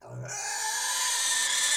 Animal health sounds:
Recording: pig call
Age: weaner (32 to 43 days)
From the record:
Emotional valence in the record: negative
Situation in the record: restrain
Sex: male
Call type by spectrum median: high-frequency call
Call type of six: mixed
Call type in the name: high-frequency stable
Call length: 1.77 s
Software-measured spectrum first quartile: 2587 Hz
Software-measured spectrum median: 5120 Hz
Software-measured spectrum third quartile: 7450 Hz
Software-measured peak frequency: 1782 Hz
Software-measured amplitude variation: 73 dB a second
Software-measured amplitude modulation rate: 26.8 a second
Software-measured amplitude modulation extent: 2.7 dB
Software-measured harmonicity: -0.9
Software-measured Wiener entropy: -2.01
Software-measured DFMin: 1003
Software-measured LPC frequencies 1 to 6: 913, 1764, 3441, 4640, 6226, 7055 Hz

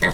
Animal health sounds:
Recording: pig call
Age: piglet (1 to 25 days)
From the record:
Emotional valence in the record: positive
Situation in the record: reunion after long isolation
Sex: male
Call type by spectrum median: low-frequency call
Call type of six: low-frequency tonal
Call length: 0.14 s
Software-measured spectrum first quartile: 413 Hz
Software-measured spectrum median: 1437 Hz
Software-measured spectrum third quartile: 2055 Hz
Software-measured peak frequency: 1894 Hz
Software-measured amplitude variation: 84 dB a second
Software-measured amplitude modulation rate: 10.9 a second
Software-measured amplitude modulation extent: 7.7 dB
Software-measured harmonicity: 2.1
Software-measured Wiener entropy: -1.37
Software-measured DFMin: 886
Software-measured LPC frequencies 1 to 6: 673, 1926, 3617, 5571, 6017, 7154 Hz

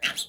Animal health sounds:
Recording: pig call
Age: piglet (1 to 25 days)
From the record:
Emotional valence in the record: negative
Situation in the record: castration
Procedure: castration, fixation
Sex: male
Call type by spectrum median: high-frequency call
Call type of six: low-frequency tonal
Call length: 0.29 s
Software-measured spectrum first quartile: 2408 Hz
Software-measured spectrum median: 3208 Hz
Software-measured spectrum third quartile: 5121 Hz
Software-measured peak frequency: 2724 Hz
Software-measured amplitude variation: 223 dB a second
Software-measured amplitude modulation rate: 5.2 a second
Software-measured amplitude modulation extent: 43.2 dB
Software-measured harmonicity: 4.0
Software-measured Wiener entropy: -2.04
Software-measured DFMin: 570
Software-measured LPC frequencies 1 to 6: 1848, 2768, 3266, 4003, 5959, 6456 Hz

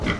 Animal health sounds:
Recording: pig call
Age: growing-finishing pig (85 days or more)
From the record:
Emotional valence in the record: positive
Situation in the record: run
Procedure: transit

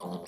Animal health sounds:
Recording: pig call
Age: piglet (1 to 25 days)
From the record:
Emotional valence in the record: negative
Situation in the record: short isolation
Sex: female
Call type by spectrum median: low-frequency call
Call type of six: mixed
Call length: 0.28 s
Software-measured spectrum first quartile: 240 Hz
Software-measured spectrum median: 495 Hz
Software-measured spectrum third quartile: 1067 Hz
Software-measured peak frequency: 186 Hz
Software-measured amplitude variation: 109 dB a second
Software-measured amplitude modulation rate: 16.2 a second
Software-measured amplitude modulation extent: 6.7 dB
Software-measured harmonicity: 1.4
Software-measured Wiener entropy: -0.55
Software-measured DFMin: 911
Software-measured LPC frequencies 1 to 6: 471, 935, 3199, 4349, 5803, 7352 Hz

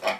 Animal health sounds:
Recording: pig call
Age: piglet (1 to 25 days)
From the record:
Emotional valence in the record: negative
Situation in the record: missed nursing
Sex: male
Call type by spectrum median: low-frequency call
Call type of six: low-frequency tonal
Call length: 0.20 s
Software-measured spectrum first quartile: 695 Hz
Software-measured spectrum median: 1206 Hz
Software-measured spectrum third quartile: 2619 Hz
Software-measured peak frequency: 647 Hz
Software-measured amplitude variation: 164 dB a second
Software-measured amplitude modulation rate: 2.5 a second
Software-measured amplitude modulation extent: 65.5 dB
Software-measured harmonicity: 0.5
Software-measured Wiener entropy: -1.03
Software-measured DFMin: 824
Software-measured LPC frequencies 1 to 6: 673, 1152, 2393, 3190, 3973, 4586 Hz

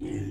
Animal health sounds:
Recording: pig call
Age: weaner (32 to 43 days)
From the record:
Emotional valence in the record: negative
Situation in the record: negative conditioning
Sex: female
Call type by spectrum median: low-frequency call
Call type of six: low-frequency stable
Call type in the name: low-frequency stable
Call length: 0.32 s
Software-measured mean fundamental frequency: 50 Hz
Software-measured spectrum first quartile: 114 Hz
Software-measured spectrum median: 255 Hz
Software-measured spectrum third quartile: 377 Hz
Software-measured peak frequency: 303 Hz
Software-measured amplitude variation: 140 dB a second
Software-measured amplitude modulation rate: 33.2 a second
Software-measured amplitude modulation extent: 4.2 dB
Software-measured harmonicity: 0.2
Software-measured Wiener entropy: -0.35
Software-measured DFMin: 1512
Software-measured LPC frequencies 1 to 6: 320, 1933, 2606, 3092, 4726, 5804 Hz

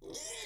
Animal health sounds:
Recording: pig call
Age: weaner (32 to 43 days)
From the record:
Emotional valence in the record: negative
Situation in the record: restrain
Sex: male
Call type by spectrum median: high-frequency call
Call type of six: high-frequency stable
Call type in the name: high-frequency stable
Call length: 0.46 s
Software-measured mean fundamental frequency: 191 Hz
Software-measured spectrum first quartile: 1445 Hz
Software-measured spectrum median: 4184 Hz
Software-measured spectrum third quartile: 6961 Hz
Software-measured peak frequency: 402 Hz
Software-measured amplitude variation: 96 dB a second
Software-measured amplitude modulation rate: 29.3 a second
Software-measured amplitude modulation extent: 3.3 dB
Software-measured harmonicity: 1.6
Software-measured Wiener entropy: -2.55

